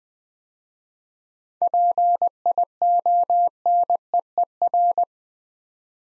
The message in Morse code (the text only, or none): PIONEER